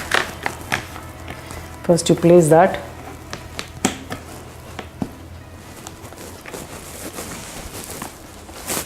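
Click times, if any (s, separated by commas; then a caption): none. The plastic seat of an IKEA ADDE chair is handled and positioned over the chair's metal frame rod so that its two plug-like clips can be pressed onto the rod. Short sharp taps and knocks sound as the parts are handled while someone talks. Nothing has seated or clicked yet.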